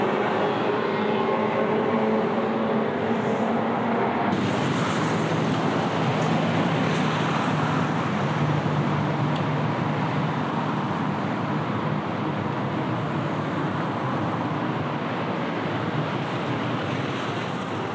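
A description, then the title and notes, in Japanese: A walk through a city street, filled with a dense, steady roar of traffic that never lets up. In the first four seconds a low engine drone hums beneath it, then the wash turns brighter and fuller and stays even to the end. 喧騒と静寂の街を歩く（Binaural）-Walk around the city。バイノーラルで街を歩いてみました。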